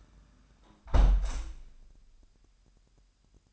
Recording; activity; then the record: daily activity, microphone in the room; close window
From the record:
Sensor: 2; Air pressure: 998.4 hPa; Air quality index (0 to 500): 129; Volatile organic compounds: 3 ppm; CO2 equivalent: 1465 ppm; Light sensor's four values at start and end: 6/15/6/7 and 6/15/6/7